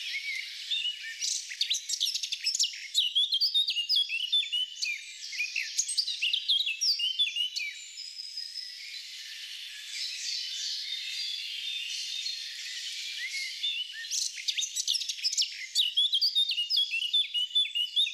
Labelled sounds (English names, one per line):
Eurasian Blackcap song